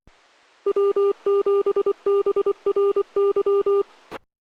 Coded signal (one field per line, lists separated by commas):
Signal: Morse code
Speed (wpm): 24 wpm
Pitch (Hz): 400 Hz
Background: none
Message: W7BRY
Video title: Two More Digital Modes for EMCOMM (APRS & Meshtastic), Richard Casper WB7ML | Idaho ERC, Nov 5, 2025